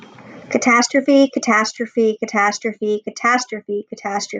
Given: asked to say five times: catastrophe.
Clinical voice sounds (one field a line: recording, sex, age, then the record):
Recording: repeated word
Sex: female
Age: 30 to 39 years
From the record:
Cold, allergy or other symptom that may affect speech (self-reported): no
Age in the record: 32 years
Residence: New York, United States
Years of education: 16